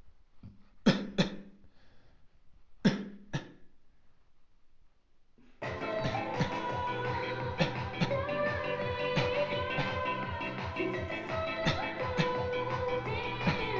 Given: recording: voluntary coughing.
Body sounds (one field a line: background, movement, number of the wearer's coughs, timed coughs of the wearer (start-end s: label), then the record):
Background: music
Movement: sitting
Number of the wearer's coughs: 12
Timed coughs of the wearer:
0.84-1.16 s: cough
1.16-1.48 s: cough
2.82-3.25 s: cough
3.25-3.67 s: cough
6.38-6.68 s: cough
7.58-7.90 s: cough
8.00-8.45 s: cough
9.14-9.50 s: cough
9.78-10.11 s: cough
11.63-12.00 s: cough
12.16-12.54 s: cough
13.44-13.73 s: cough
From the record:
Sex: male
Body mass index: 23.7 kg/m2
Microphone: on the chest, facing outward